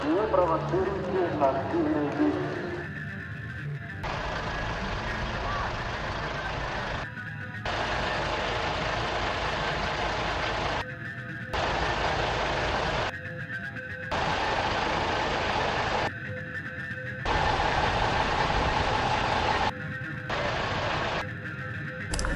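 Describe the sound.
Recorded at a protest in Belarus: a voice opens over a dense, steady roar of noise that drops briefly and regularly every few seconds.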